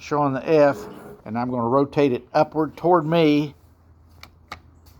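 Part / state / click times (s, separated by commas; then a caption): rotating bolt head locking into the shotgun's bolt carrier/barrel extension / seated / 4.2 s, 4.5 s. Someone talks while handling the inertia-driven bolt of a semi-automatic Franchi shotgun, which shows the F in its unlocked position. The rotating bolt head is turned upward and closed. Sharp metallic clicks at 4.2 s and 4.5 s mark it locking into battery, and the U handle moves forward a little to show it is locked.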